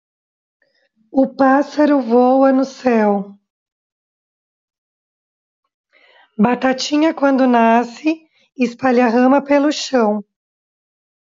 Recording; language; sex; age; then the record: short text; Brazilian Portuguese; female; 40 to 49 years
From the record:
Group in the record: control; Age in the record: 42 years